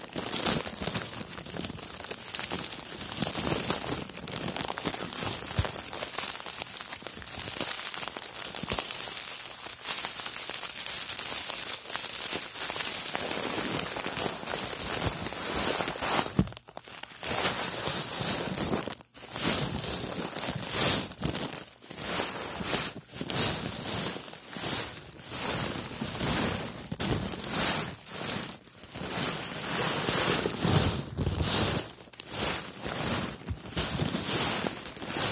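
Crisp crinkling fills the clip, steady and dense for the first fifteen seconds with a bright hiss on top. After that it breaks into shorter bursts separated by brief silences, with soft taps and occasional low thumps toward the end.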